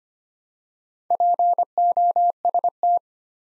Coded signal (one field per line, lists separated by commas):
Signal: Morse code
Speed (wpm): 25 wpm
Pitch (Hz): 700 Hz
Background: none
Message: POST